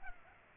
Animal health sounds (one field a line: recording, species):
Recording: mosquito wingbeat signal from an infrared sensor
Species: Culex pipiens